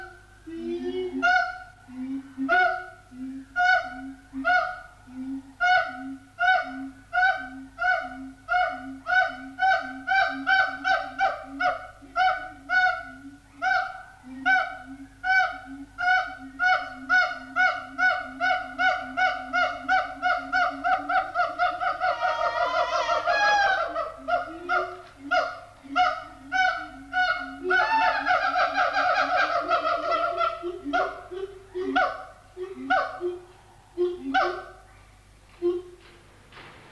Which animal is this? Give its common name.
Siamang